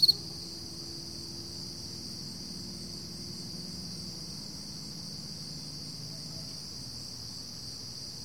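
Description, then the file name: Crickets producing a steady, unbroken high-pitched trill after one brief chirp at the start, fairly quiet throughout. Early morning at 4 AM, summer, July 2012. "freesound Early Morning Summer Crickets 4 AMJuly 2012"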